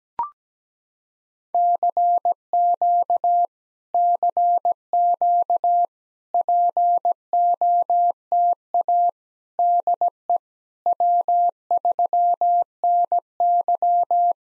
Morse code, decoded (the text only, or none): CQ CQ POTA DE W3NY